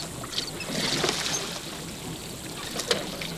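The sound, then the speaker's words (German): Oars dip and splash in water with soft gurgling and trickling, a few sharper splashes standing out against a steady wash of moving water as a rowboat crosses the Mississippi River at night. “Jemand rudert über den Fluss.”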